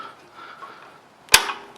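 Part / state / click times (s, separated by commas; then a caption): magneto impulse coupling on a small engine / released / 1.3 s. A metal impulse coupling on a small engine's Wico magneto is turned by hand until its impulse spring releases. A single sharp, bright snap rings out at 1.3 seconds over a quiet background, with a brief metallic ring trailing after. The coupling has snapped over and released.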